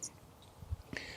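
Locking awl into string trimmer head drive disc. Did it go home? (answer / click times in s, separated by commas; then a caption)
yes / 1.0 s. A metal awl or locking pin is reinserted into a string trimmer head, and the head is turned until the pin drops into the hole in the drive disc. This locks the shaft so the head can be unscrewed. A few soft low thumps of handling are followed by a sharp, bright click at 1.0 s as the pin seats and locks into place.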